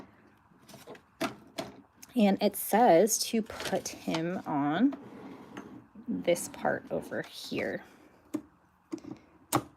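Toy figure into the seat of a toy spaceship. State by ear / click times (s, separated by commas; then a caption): seated / 9.6 s. Someone talks while pressing the Rubble toy figure onto a seat on the plastic PAW Patrol Rubble and Crew Launch 'n' Spin Spaceship, with a few light plastic taps and handling noises along the way. A sharp snap at 9.6 s marks the figure seating into place, a good fit that keeps it from falling off.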